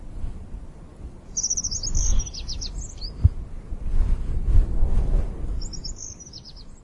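Helan Mountain accentor giving two high, thin twittering phrases of quick chirps over low background rumble.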